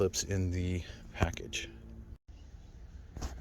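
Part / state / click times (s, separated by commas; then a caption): convertible top tension cable end onto upper frame mount / seated / 3.2 s. A replacement convertible top tension cable end on a 2003 Porsche Boxster is pressed onto the upper mount of the convertible top frame while someone talks. A single sharp pop at 3.2 s marks the cable end seating in place.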